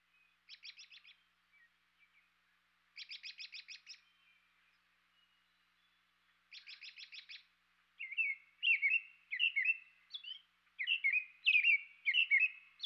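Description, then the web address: American robin calling, with rapid rattling trills of repeated notes at first, then a series of high slurred chirps repeated roughly every half second. Eastern North America. "Dan Gibson Wildlife Identification By Sound, Eastern North America Pt 2. American Robin"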